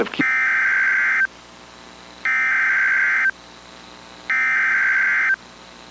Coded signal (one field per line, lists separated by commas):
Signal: Emergency Alert System (SAME) tones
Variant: header bursts